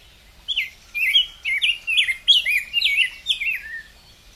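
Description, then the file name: Rose-breasted grosbeak song: a fast run of sweet whistled notes sliding up and down, lasting about three seconds. "canto do bico grosso de peito rosa"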